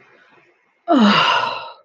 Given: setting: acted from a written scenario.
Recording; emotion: vocal sound without words; relief